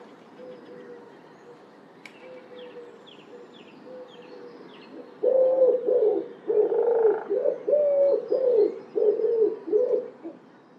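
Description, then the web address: Common wood pigeon song: faint muffled coos at first with a few high chirps from another bird, then a louder run of hollow, rhythmic coos. "cianscape. Deverinetal. Bird Only"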